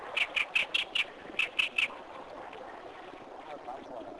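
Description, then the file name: Oriental reed warbler giving harsh, rasping notes: a quick run of five, a short gap, then three more, followed by quiet background hiss. "acrocephalus orientalis"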